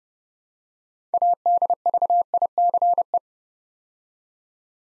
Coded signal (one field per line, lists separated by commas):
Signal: Morse code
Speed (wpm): 28 wpm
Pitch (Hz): 700 Hz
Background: none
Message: ADVICE